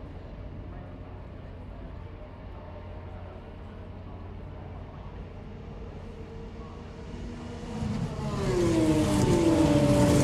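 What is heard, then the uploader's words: Formula 3 racing, starting with a low, steady rumble and faint engine drone for about eight seconds. Then a car comes up fast, growing much louder with a sharp, gliding engine whine that holds loud through the end. This is a recording of the first fours laps of a Formula 3 race from the 2022 British Grand Prix weekend at Silverstone. The first few laps are very sparse until the field spreads out.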